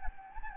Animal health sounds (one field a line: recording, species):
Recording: mosquito wingbeat signal from an infrared sensor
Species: Anopheles gambiae